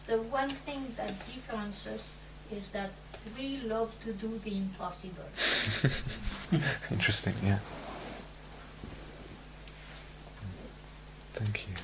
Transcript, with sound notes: The one thing, the difference is that we love to do the impossible.
[laughs] Interesting, yeah. Thank you.